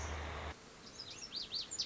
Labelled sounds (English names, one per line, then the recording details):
Lazuli Bunting
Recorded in Sonoma County, California